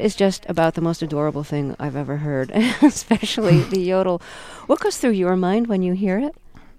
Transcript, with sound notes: That is just about the most adorable thing I've ever heard, (laughter) especially the yodel. What goes through your mind when you hear it?